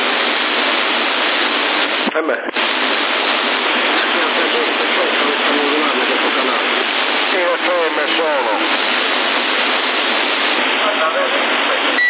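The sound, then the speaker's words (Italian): Steady, unmodulated CB radio carrier hiss on a Sassari CB radio link runs loud and unbroken for the whole clip, a flat band-limited rush with a brief dropout early on and faint warbling voice traces buried underneath. “Non parlare, si manda solo portante.”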